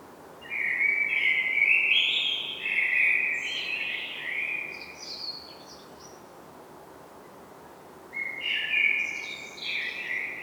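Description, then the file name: Common blackbird song: a long rich warble with scratchy high twitters at its end, a short quiet gap, then another fluty phrase begins. "Turdus merula"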